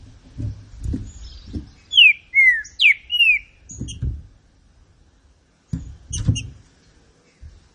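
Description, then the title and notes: Green-winged saltator singing one rich whistled phrase of four slurred notes. Low dull thuds come before and after, with a few faint high chips. Classic song style (canto clássico) of the trinca-ferro, presented as a song for training. "Canto Clássico Trinca Ferro TREINAMENTO. trinca fero"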